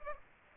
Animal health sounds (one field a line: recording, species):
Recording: mosquito wingbeat signal from an infrared sensor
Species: Culex pipiens